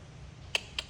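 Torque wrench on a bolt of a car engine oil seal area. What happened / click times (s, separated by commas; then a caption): Torque wrench clicks at its setting, bolt torqued / 0.5 s, 0.8 s. A torque wrench tightens another bolt in the engine oil seal area of a Lamborghini Murcielago until it clicks sharply at its setting. Two short, sharp clicks stand out over a low, steady background rumble: a louder one at 0.6 s and a slightly quieter one at 0.8 s. The bolt is confirmed torqued.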